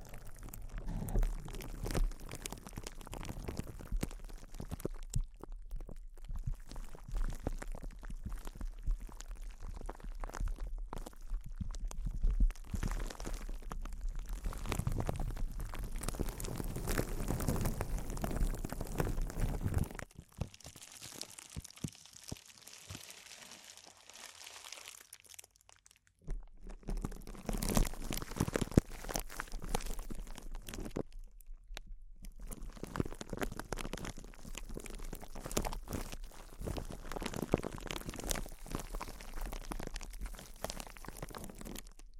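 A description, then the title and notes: Intense close-up crinkling, a dense crackle of many tiny snaps and rustles running almost without pause. It is loud and full through most of the clip, with brief quieter gaps near 6, 20 to 26 and 32 seconds, plus a low steady rumble underneath. ASMR Intense Close-Up Crinkles (No Talking).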